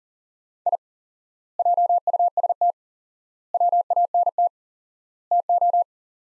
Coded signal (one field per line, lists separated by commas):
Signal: Morse code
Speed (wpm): 40 wpm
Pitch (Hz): 700 Hz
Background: none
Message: I JUST WANT TO